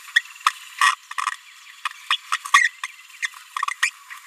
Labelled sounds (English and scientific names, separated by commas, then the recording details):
Green-rumped Parrotlet (Forpus passerinus) babbling
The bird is a female
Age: 27 days
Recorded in a nest box in Venezuela
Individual 17B73B2